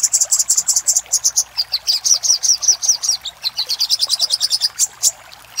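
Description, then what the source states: Little spiderhunter song: fast, high chips and slurred notes in quick, even series. Master recording for training cage birds, titled Labaik.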